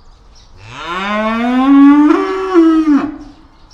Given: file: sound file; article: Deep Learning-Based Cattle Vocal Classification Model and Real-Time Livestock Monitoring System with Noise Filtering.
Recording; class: cattle; estrus call